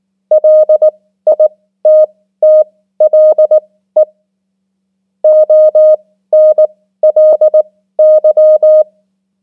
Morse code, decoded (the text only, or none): LITTLE ONLY